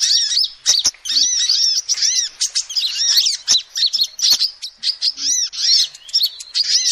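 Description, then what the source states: Lovebird chattering: dense, rapid high squeaky chirps and arched notes, continuous throughout, with a few sharp clicks. Lovebird calls used as a lure to trap birds.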